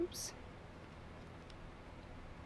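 Someone handles a plastic washer backing for a safety eye, about to push it onto the eye's shank through the plush fabric of a stuffed horse toy. Someone says a single word at the start, followed by quiet handling and a faint tick near 1.5 seconds. Nothing has seated or clicked yet.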